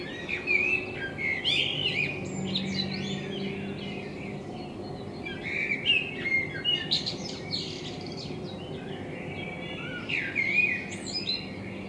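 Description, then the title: Common blackbird song, low fluted warbling phrases with twittery high endings, several phrases spread throughout over a steady low hum. Binaural recording made with a self-built dummy head, in front of the recordist's window; intended for headphone listening. "Kunstkopfaufnahme der Amsel vor meinem Fenster"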